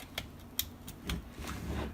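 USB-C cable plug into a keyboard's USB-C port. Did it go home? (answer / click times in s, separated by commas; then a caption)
yes / 0.6 s. A roughly six-foot USB-C cable with a soft, silicone-style rubber jacket is plugged into the USB-C port of a Gamakay K77 compact mechanical keyboard. Over a low background hum with small ticks around 0.2 s and 1.1 s, the connector seats with a sharp, positive click at 0.6 s. It holds firmly enough to lift the whole keyboard by the cable.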